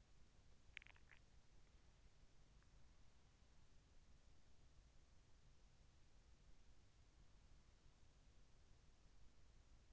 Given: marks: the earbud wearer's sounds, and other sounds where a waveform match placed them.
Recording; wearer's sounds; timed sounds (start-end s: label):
sounds in sleep by an in-ear microphone; swallowing
0.00-1.69 s: swallowing